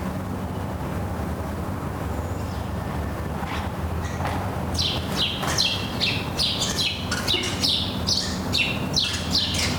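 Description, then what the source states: Birds chirp rapidly in a busy, overlapping chorus that builds after the first few seconds, against a steady low hum. Morning birds at Les Jardins de Carthage, Sidi Daoud, Tunis, Tunisia.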